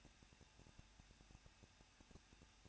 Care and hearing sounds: daily activity, microphone in the room; no activity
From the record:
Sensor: 2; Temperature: 21.0 degrees Celsius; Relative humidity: 37.3%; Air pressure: 1006.3 hPa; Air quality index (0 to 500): 221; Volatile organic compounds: 23 ppm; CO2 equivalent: 2786 ppm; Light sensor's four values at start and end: 2/3/2/2 and 2/3/2/2

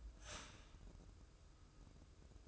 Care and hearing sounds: daily activity, microphone in the room; start toaster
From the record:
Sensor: 2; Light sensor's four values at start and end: 17/53/21/20 and 17/53/21/20

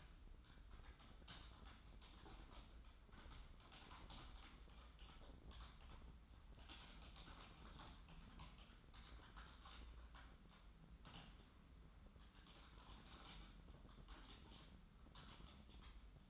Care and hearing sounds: daily activity, microphone in the room; typing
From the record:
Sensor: 3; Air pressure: 994.4 hPa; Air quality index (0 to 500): 205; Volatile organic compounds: 1000 ppm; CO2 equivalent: 6802 ppm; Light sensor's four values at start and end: 93/219/91/87 and 88/207/86/82

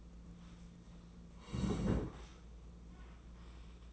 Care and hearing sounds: daily activity, microphone in the room; sit down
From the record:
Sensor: 1

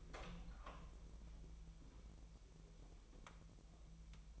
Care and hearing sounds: daily activity, microphone in the room; open door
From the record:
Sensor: 1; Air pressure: 1001.1 hPa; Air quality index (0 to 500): 248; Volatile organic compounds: 145 ppm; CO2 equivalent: 4000 ppm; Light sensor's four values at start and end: 12/29/12/13 and 13/30/12/13

